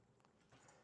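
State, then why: Not seated. A PC component, possibly a card going into a motherboard slot, is handled and pushed one-handed toward its slot while the case is tilted. Only faint, low-level shuffling and handling noise is heard, rising slightly in the second half. Nothing has seated or clicked yet.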